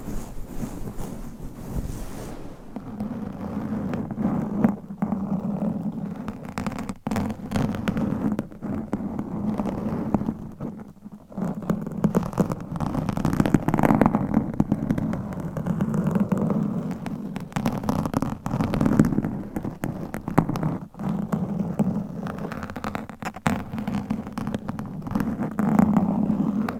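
Mic scratching and rubbing: a continuous rough, gritty rustle with a low hum underneath, broken by sharp clicks and brief dropouts throughout.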